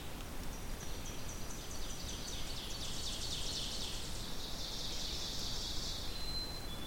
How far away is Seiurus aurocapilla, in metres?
about 70 m